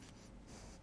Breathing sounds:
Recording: one breath in and out by a microphone near the nose and mouth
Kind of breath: strong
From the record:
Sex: male

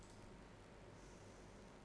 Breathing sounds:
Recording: one breath in and out by a microphone near the nose and mouth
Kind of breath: normal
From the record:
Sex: female

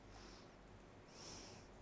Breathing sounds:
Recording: one breath in and out by a microphone near the nose and mouth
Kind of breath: normal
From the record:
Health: marked as sick, illness not named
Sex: female

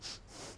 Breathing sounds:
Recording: one breath in and out by a microphone near the nose and mouth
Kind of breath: strong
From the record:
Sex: male

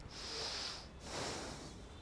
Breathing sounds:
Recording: one breath in and out by a microphone near the nose and mouth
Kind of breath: deep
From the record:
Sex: male

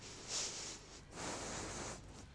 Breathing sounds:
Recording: one breath in and out by a microphone near the nose and mouth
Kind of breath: strong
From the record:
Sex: male

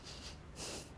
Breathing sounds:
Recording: one breath in and out by a microphone near the nose and mouth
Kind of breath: strong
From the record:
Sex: male

